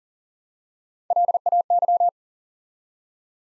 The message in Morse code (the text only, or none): LAY